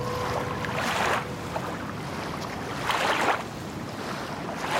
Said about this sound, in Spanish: Ocurrió en una noche serena. La oscuridad devoraba una pequeña embarcación pesquera. Las olas estrellaban contra los costados del bote y un leve viento soplaba hacia el sur.